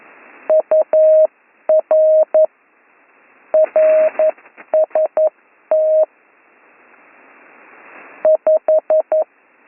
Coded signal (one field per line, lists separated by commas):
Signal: Morse code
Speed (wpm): 11 wpm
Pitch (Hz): 630 Hz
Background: none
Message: UR RST 5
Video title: Slow Morse Code Course - Week 9 - Learn Morse Code